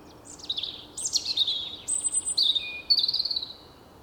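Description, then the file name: European robin song: a fast run of high, tinkling phrases with trills and thin whistles, each phrase shifting pitch, delivered almost without pause over soft hiss. "Erithacus rubecula"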